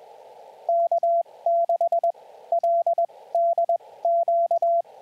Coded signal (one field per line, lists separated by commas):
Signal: Morse code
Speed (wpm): 22 wpm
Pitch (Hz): 680 Hz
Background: radio noise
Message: K6LDQ